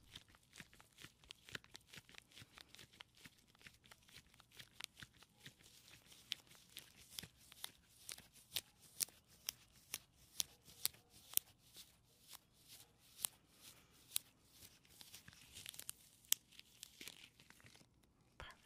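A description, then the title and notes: Latex gloves rub and snap in a steady run of short, crisp crinkles and squeaks, bright and dense throughout. The clicks come irregularly several times a second, growing sharper and more frequent after the midpoint. A soft low rustle sits underneath. ASMR personal attention with latex gloves.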